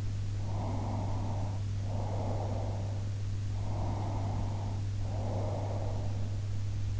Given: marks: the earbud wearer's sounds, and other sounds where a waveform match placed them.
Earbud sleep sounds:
sounds in sleep by an in-ear microphone; breath
0.57-3.07 s: breath
3.74-6.37 s: breath

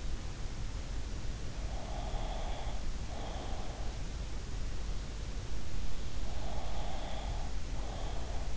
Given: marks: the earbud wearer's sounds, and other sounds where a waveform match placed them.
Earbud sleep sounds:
sounds in sleep by an in-ear microphone; breath
1.63-4.08 s: breath
6.25-8.57 s: breath

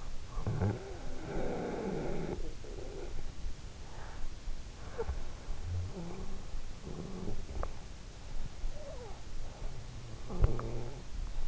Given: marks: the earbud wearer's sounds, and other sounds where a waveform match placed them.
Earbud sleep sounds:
sounds in sleep by an in-ear microphone; breath
0.00-3.25 s: breath
9.88-11.48 s: breath

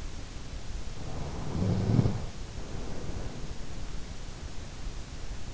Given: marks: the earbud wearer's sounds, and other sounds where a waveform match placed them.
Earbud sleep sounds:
sounds in sleep by an in-ear microphone; snoring breath
0.90-3.70 s: snoring breath

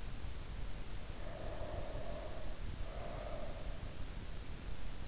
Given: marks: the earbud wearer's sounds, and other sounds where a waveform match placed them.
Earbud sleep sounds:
sounds in sleep by an in-ear microphone; breath
1.23-3.98 s: breath

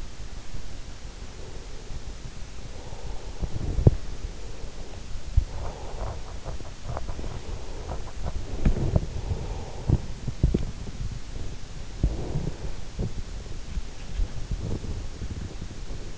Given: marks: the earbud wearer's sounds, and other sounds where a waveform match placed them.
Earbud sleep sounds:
sounds in sleep by an in-ear microphone; breath, teeth grinding, body movement
1.18-3.70 s: breath
3.21-4.21 s: teeth grinding
4.07-6.33 s: breath
5.59-16.18 s: body movement
6.92-10.14 s: breath

